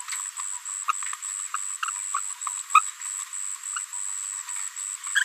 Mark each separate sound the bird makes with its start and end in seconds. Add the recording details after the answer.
0.88-0.92, 5.06-5.24. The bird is a female. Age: 22 days. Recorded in a nest box in Venezuela. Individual 17B73B3